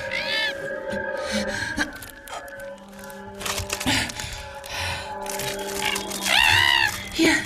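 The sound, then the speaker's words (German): A fox gives high, wavering yelping cries, one burst at the start and another near the end, over a steady humming background with scattered clicks and rustles. “Das war ein Fuchs.”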